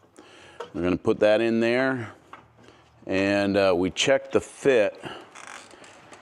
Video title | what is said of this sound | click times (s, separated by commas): Is the Hooke Road F-150 Bumper Worth It? Install + 1-Year Real-World Review | And there's the click. | 5.4 s, 5.5 s